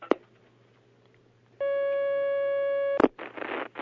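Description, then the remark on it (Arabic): A steady, loud electronic telephone line tone holds for over a second as a caller's phone-in question connects to Sheikh al-Uthaymeen's question session, bracketed by sharp clicks, then gives way to hissy, crackling line noise. “طيب هناك مكالمة.”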